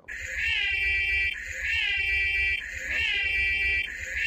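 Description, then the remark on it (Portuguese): A loud electronic alarm sound effect, played to signal that a conversation has drifted off topic, blares in three long, high, wavering bursts of about a second and a half each, with a low rumble underneath and no talking. “Já aproveitando que a gente mudou completamente de assunto, a gente tá para instituir o alarme de assunto. Toda vez que começar a se desviar do assunto, vai tocar esse som aqui, ó.”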